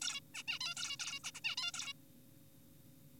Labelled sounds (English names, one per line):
Zebra Finch